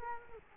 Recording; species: mosquito wingbeat signal from an infrared sensor; Culex quinquefasciatus